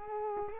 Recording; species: mosquito wingbeat signal from an infrared sensor; Culex quinquefasciatus